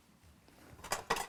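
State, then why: Seated. A silicone cartridge is fitted into a dispensing gun and pushed until it is held. A quiet shuffling leads into a sharp knock at 0.9 s, then a louder, crisp click at 1.1 s. The cartridge is firmly locked in the gun.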